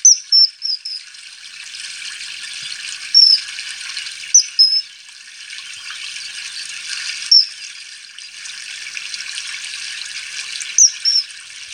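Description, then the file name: Common kingfisher calls: thin, piercing high whistles, singly or in quick pairs, spaced a few seconds apart over a steady background of running, trickling water. "Eisvogel"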